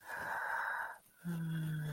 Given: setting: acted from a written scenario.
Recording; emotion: vocal sound without words; ecstasy